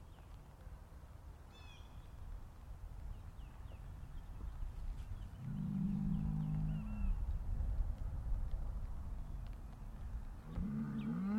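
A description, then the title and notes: Cows low in a long, deep moo from about five to seven seconds, and another begins near the end. Small chirping birds call faintly, and a steady low rumble, like an engine, runs underneath throughout. Cow Conversations.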